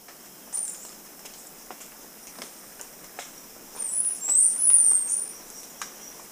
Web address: Natures Songs S America Birds of Ecuador Chestnut-capped Brush-Finch